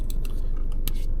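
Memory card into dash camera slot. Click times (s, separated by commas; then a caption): 0.9 s. A microSD card is pushed into the spring-loaded card slot of a Rove R2-4K dual dash cam, and it clicks into place at 0.9 s. A smaller sharp tick comes at 0.1 s, over a steady low rumble throughout.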